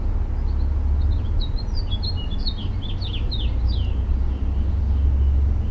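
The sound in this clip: Mockingbird song: quick, varied chirps and slurred whistles in a busy run, over a loud, steady low rumble.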